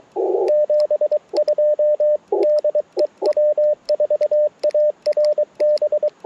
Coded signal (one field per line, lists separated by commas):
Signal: Morse code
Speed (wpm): 23 wpm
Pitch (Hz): 590 Hz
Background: radio noise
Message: 72 DE W4ARB